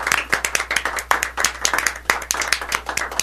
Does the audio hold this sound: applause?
yes